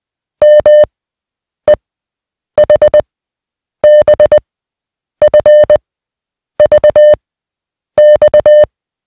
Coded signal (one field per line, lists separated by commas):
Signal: Morse code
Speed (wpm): 20 wpm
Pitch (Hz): 600 Hz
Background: none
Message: M E H B F V X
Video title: Morse Code Practice Set Two: Receiving 150 Groups of 1 (20WPM)